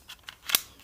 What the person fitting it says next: Ooh, satisfying little click.